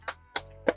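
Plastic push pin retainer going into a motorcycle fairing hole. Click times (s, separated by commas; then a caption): 0.4 s, 0.7 s. A loosened plastic push pin retainer is slid into a fairing hole on a 2024 Honda CBR650R during a Tucked Up Systems tail tidy and integrated tail light install, and its center is pressed down. After a short tap near 0.1 s, sharp clicks at 0.4 s and 0.7 s are heard as the push pin locks into place and is seated.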